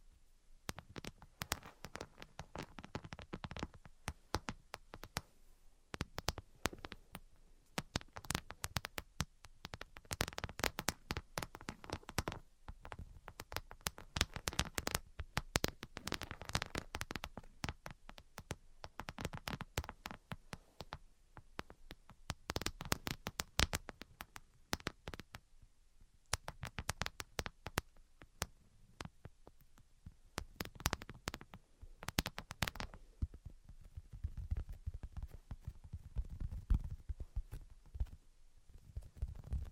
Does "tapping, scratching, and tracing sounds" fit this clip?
yes